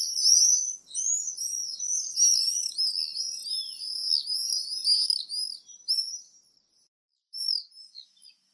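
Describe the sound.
Common swift screaming: a run of shrill, very high wavering trills for about six seconds, then a short gap and a few final brief screams.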